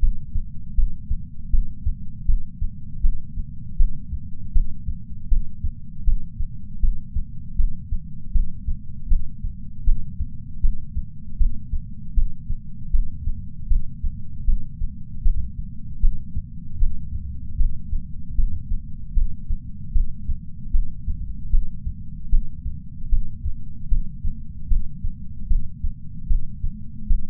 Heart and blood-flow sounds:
heart sounds by patch sensor on the chest; 77 bpm
0.74 s: heartbeat
1.49 s: heartbeat
2.25 s: heartbeat
3.00 s: heartbeat
3.76 s: heartbeat
4.52 s: heartbeat
5.28 s: heartbeat
6.03 s: heartbeat
6.79 s: heartbeat
7.55 s: heartbeat
8.31 s: heartbeat
9.07 s: heartbeat
9.83 s: heartbeat
10.60 s: heartbeat
11.37 s: heartbeat
12.13 s: heartbeat
12.90 s: heartbeat
13.67 s: heartbeat
14.44 s: heartbeat
15.22 s: heartbeat
16.00 s: heartbeat
16.78 s: heartbeat
17.56 s: heartbeat
18.35 s: heartbeat
19.13 s: heartbeat
19.92 s: heartbeat
20.70 s: heartbeat
21.49 s: heartbeat
22.29 s: heartbeat
23.08 s: heartbeat
23.88 s: heartbeat
24.67 s: heartbeat
25.47 s: heartbeat
26.26 s: heartbeat
27.06 s: heartbeat
From the record:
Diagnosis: coronary artery disease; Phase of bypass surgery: intraoperative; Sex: male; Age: 57 years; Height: 175 cm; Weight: 71 kg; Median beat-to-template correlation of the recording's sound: 0.90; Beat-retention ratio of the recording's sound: 0.98

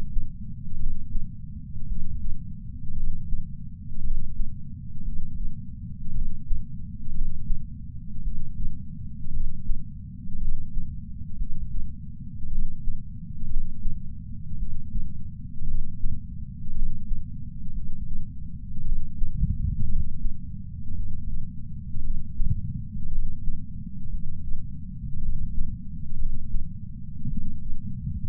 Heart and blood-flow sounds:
heart sounds by patch sensor on the chest; 57 bpm
0.76 s: heartbeat
1.85 s: heartbeat
2.93 s: heartbeat
4.00 s: heartbeat
5.01 s: heartbeat
6.11 s: heartbeat
7.10 s: heartbeat
8.21 s: heartbeat
9.29 s: heartbeat
10.37 s: heartbeat
11.35 s: heartbeat
12.48 s: heartbeat
13.46 s: heartbeat
14.56 s: heartbeat
15.64 s: heartbeat
16.71 s: heartbeat
17.71 s: heartbeat
18.81 s: heartbeat
19.85 s: heartbeat
20.93 s: heartbeat
21.99 s: heartbeat
23.08 s: heartbeat
24.08 s: heartbeat
25.18 s: heartbeat
26.15 s: heartbeat
27.26 s: heartbeat
From the record:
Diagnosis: coronary artery disease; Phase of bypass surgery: postoperative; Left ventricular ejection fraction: 49.7%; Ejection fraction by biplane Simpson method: 50.5%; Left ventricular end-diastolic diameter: 55 mm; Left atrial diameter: 40 mm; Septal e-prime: 5.2 cm/s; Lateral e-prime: 9 cm/s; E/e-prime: 14.4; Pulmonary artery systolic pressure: 28 mmHg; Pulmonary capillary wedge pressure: 8 mmHg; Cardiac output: 4.15 L/min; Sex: male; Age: 73 years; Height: 165 cm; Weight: 70 kg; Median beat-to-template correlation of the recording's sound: 0.92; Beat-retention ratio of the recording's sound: 1.00

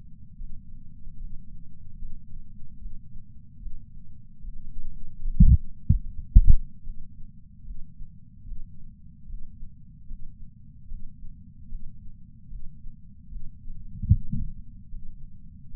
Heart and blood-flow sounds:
heart sounds by patch sensor on the chest; 74 bpm
0.36 s: heartbeat
1.17 s: heartbeat
1.97 s: heartbeat
2.78 s: heartbeat
3.59 s: heartbeat
4.40 s: heartbeat
5.20 s: heartbeat
6.01 s: heartbeat
6.82 s: heartbeat
7.63 s: heartbeat
8.44 s: heartbeat
9.25 s: heartbeat
10.06 s: heartbeat
10.87 s: heartbeat
11.68 s: heartbeat
12.48 s: heartbeat
13.28 s: heartbeat
14.08 s: heartbeat
14.89 s: heartbeat
15.69 s: heartbeat
From the record:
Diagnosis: coronary artery disease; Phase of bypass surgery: intraoperative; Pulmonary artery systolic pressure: 16 mmHg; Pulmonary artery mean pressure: 11 mmHg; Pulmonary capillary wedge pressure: 10 mmHg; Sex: female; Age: 58 years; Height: 155 cm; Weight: 55 kg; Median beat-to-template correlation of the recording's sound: 0.75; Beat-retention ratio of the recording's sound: 0.98

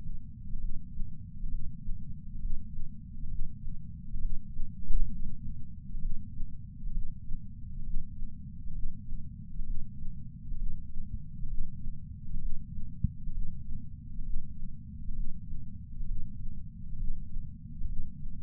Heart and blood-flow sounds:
heart sounds by patch sensor on the chest; 66 bpm
0.59 s: heartbeat
1.49 s: heartbeat
2.39 s: heartbeat
3.28 s: heartbeat
4.19 s: heartbeat
5.09 s: heartbeat
5.99 s: heartbeat
6.91 s: heartbeat
7.83 s: heartbeat
8.72 s: heartbeat
9.64 s: heartbeat
10.56 s: heartbeat
11.48 s: heartbeat
12.39 s: heartbeat
13.32 s: heartbeat
14.23 s: heartbeat
15.14 s: heartbeat
16.05 s: heartbeat
16.97 s: heartbeat
17.86 s: heartbeat
From the record:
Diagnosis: coronary artery disease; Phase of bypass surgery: preoperative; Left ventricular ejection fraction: 49.7%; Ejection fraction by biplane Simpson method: 49.4%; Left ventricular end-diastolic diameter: 55 mm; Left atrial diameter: 34 mm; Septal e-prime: 3.2 cm/s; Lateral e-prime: 4.4 cm/s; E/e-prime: 15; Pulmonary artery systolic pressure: 25 mmHg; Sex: female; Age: 70 years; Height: 152 cm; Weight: 65 kg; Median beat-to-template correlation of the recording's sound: 0.92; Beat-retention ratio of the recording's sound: 0.97

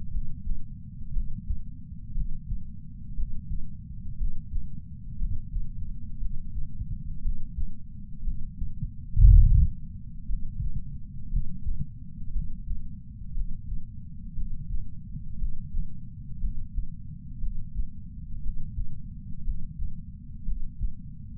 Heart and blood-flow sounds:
heart sounds by patch sensor on the chest; 59 bpm
0.13 s: heartbeat
1.15 s: heartbeat
2.16 s: heartbeat
3.17 s: heartbeat
4.19 s: heartbeat
5.20 s: heartbeat
6.20 s: heartbeat
7.24 s: heartbeat
8.25 s: heartbeat
9.26 s: heartbeat
10.28 s: heartbeat
11.32 s: heartbeat
12.34 s: heartbeat
13.36 s: heartbeat
14.36 s: heartbeat
15.40 s: heartbeat
16.42 s: heartbeat
17.42 s: heartbeat
18.43 s: heartbeat
19.46 s: heartbeat
20.47 s: heartbeat
From the record:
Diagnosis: coronary artery disease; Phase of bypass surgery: preoperative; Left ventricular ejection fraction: 41.8%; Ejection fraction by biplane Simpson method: 39%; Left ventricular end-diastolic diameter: 62 mm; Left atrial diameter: 43 mm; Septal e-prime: 3 cm/s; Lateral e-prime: 8 cm/s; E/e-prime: 13.6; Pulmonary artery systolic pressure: 41 mmHg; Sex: male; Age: 69 years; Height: 165 cm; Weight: 60 kg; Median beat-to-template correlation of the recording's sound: 0.79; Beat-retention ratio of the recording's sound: 0.99

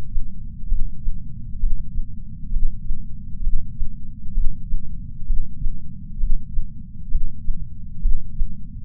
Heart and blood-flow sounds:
heart sounds by patch sensor on the chest; 65 bpm
0.70 s: heartbeat
1.61 s: heartbeat
2.54 s: heartbeat
3.45 s: heartbeat
4.35 s: heartbeat
5.28 s: heartbeat
6.21 s: heartbeat
7.13 s: heartbeat
8.03 s: heartbeat
From the record:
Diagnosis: coronary artery disease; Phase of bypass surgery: preoperative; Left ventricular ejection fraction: 62.1%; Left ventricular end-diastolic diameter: 45 mm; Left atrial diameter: 40 mm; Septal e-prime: 8 cm/s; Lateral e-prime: 10 cm/s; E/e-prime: 5.6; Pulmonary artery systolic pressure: 22 mmHg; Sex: male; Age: 60 years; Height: 170 cm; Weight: 67 kg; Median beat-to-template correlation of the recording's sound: 0.93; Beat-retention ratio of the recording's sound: 1.00

